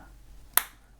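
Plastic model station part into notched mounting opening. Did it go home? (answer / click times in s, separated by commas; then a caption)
yes / 0.6 s. A plastic module part for the DeAgostini ISS scale model (stages 35–36) is pressed into its notched mounting opening on the opposite side of the station. One sharp, bright click sounds at 0.6 s against near silence, then fades quickly. The part snaps in and is seated, finishing that module.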